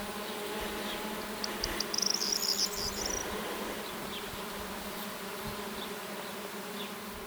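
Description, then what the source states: Bee: steady low droning hum of bees, with a short run of high twitters midway and faint scattered chirps. Bees on phacelia flowers, 7 June 2021.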